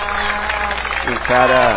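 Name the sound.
audience applause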